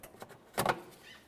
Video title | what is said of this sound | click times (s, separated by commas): How to replace Radiator Fan Shroud 2011-2018 Ram 1500 | we have we're locked into place | 0.6 s